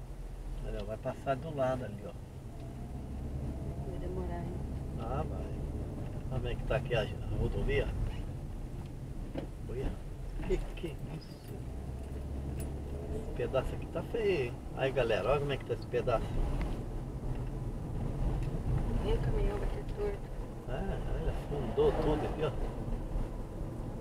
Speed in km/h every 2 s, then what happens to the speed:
12, 19, 24, 22, 16, 21, 28, 32, 39, 44, 46, 47.
0-4 speeds up to 24. 4-9 slows to 16. 9-24 speeds up to 47.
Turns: none.